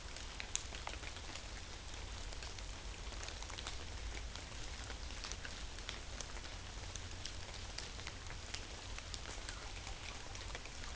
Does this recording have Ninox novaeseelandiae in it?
no